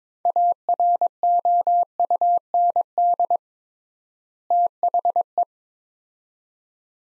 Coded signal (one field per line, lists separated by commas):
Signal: Morse code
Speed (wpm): 22 wpm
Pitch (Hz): 700 Hz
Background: none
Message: AROUND THE